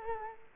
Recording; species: mosquito wingbeat signal from an infrared sensor; Culex quinquefasciatus